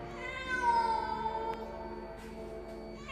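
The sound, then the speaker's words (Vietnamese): A black cat on a window ledge gives a single long, drawn-out yowl with rich harmonics, rising then slowly wavering and fading over about three seconds, eerie and moaning in tone, with no talking. “Nó kêu lên một tiếng nghe đến rợn cả người.”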